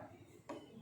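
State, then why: Seated. A microscope's revolving nosepiece is turned until the objective lens clicks into its detent. After a low, steady background, a single short, sharp click sounds at 0.5 s. The objective lens is seated in position.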